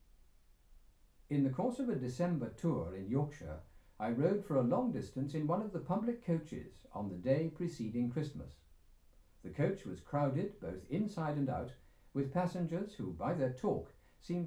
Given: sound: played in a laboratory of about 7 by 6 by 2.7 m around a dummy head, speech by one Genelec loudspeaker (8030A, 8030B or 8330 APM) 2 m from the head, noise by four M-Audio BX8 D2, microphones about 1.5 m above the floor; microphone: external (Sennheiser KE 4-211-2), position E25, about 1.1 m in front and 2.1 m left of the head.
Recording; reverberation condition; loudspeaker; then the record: male speech in English; low; 30 degrees to the left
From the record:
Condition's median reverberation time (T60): about 310 ms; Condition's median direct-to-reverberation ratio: about 3.5 dB